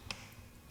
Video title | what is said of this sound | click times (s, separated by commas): How to Fix Whirlpool Refrigerator Having Ice Build up Issues - Model WRS325FDAM02 | you see, it has a clip there where the tube should snap in place. | 0.1 s